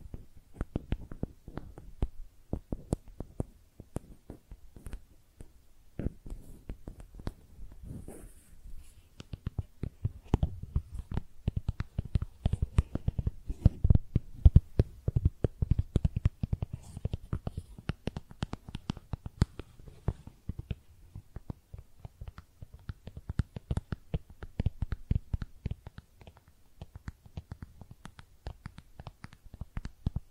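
Makeup tapping and scratching: a dense run of quick, irregular taps fills the clip, mostly dull and low with sharp clicky tops. The tapping grows busier and louder from about ten to twenty seconds, then eases somewhat, with soft scratchy rustles in between.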